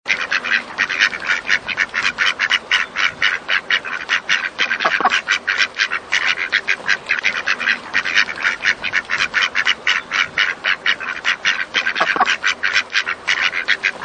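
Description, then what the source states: Ducks quacking continuously: a dense series of rapid, repeated nasal quacks. Ducks on a lake.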